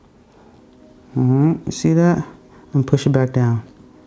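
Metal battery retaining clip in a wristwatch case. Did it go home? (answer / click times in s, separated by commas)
no / none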